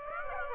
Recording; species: mosquito wingbeat signal from an infrared sensor; Aedes aegypti